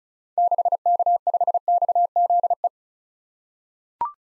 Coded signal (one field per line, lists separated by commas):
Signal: Morse code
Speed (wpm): 36 wpm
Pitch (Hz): 700 Hz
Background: none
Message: 6K5XZE